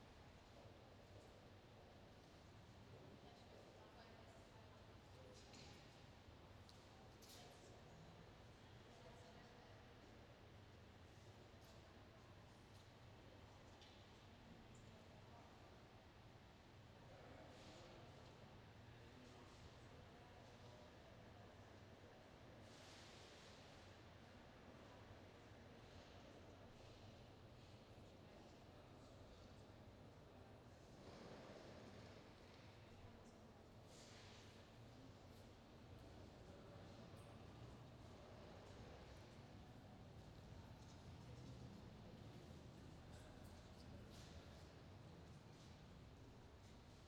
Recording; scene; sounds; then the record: everyday scene through a hearing-aid microphone; reverberant space; background noise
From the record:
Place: railway station hall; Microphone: in the ear canal, left